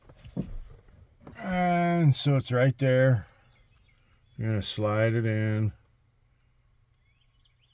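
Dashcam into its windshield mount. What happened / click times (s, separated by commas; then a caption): The unit did not seat in its mount / none. A Rexing V33 dashcam is slid toward its windshield mount in a Ram while someone talks. It does not go in correctly, so nothing has seated or clicked yet.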